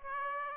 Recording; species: mosquito wingbeat signal from an infrared sensor; Aedes aegypti